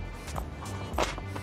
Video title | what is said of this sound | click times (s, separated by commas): British gamer shoots guns in America | so here's a man insert it in until it clicks | 1.0 s